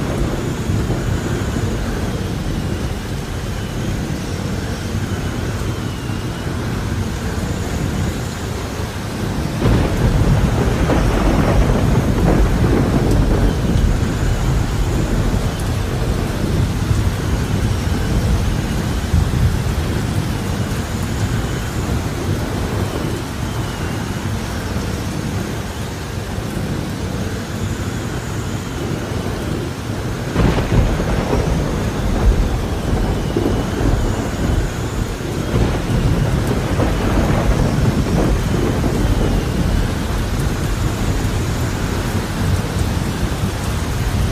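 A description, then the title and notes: Rain falls in a dense, steady hiss with a heavy low rumble beneath it, like water drumming. The sound swells louder around ten seconds and again near thirty seconds, then eases slightly, with a faint whine running high in the background. Soothing rain sounds.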